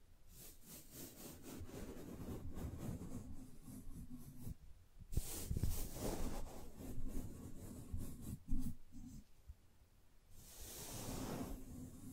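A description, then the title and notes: Gentle brushing with soft, repeated rubbing strokes over a low, steady rumble. The strokes come in uneven bursts, with a brief sharp knock near five seconds and a brighter, hissier sweep of brushing around ten to twelve seconds. ASMR Gently Brushing Your Brain (No Talking).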